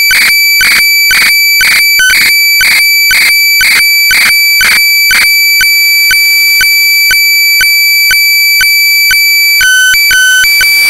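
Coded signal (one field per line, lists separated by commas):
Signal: weather fax (radiofax)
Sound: steady tone switching between high and low pitch, clicking rhythmically twice a second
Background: radio static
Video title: 13986.6kHz JMH Radio Fax by JMA, Test Chart & Satellite Photo of Typhoon Maria / FAX Softwear KG-FAX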